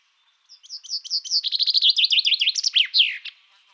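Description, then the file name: Common chaffinch song: a quick series of high, slurred notes that speeds into a descending rattling run and closes with a sharp flourish, about three seconds long. "Fringilla coelebs"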